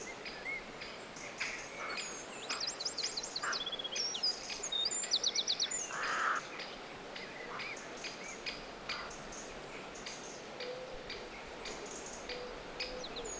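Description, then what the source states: Bird song: two short bursts of rapid high trills early on, then sparse faint chirps and ticks over a soft hiss. Forest birdsong.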